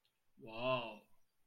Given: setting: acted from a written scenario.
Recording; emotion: vocal sound without words; awe